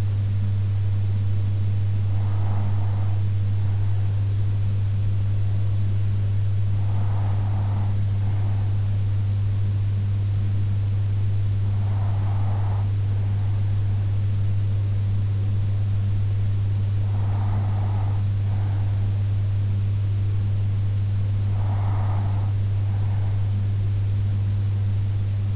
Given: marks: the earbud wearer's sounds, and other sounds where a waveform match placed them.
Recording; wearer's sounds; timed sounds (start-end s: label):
sounds in sleep by an in-ear microphone; breath
1.91-3.91 s: breath
6.91-8.91 s: breath
11.91-13.91 s: breath
16.91-18.91 s: breath
21.91-23.91 s: breath